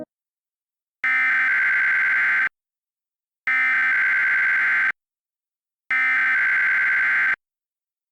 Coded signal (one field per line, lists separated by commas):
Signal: Emergency Alert System (SAME) tones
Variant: header bursts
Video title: The Sierra (EAS Scenario)